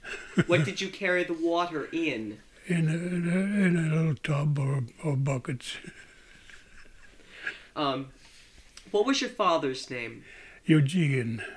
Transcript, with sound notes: What did you carry the water in?
In a little tub or buckets. ( he laughs )
What was your father's name?
Eugene.